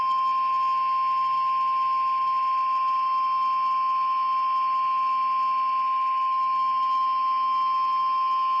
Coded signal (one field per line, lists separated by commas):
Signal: Emergency Alert System (SAME) tones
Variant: 1050 Hz attention tone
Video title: EAS #300!| EAS Tests From 3/10/2021 (EAS #296-301)